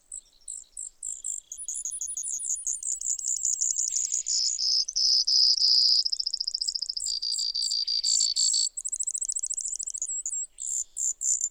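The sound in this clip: Brewer's sparrow song: a long, high, unbroken run of buzzy trills and rapid chips that keep shifting pitch and speed for over ten seconds.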